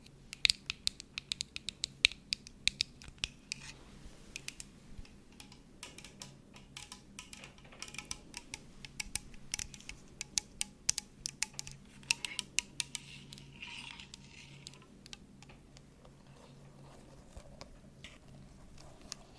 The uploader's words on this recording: Shaving Cream on Mic. Brainmassage mit Schaum.